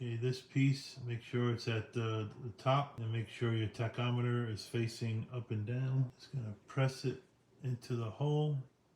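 A plastic tachometer faceplate is handled and lined up to be pressed into its hole on the gauge housing of a 1970 Dodge Charger scale model car kit while someone talks. Nothing has seated or clicked yet.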